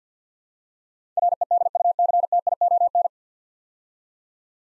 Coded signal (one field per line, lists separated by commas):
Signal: Morse code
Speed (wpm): 48 wpm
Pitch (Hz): 700 Hz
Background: none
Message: REDUCTION